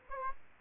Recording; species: mosquito wingbeat signal from an infrared sensor; Aedes aegypti